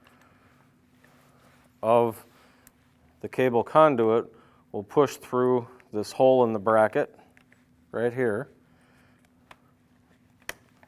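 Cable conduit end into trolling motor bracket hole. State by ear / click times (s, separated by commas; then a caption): seated / 10.5 s. Someone talks while the plastic end of a Minn Kota Ultrex trolling motor pull-cable conduit is pushed through a hole in its metal bracket. At 10.5 s a single sharp, loud snap is heard as the small flanges lock the conduit end in place, and it is seated.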